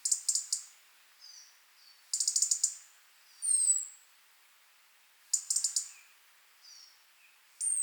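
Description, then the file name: European robin calls: clustered dry ticks in groups, with a thin, high descending whistle and faint short chirps between them. "Erithacus rubecula"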